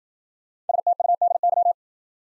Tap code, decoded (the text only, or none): none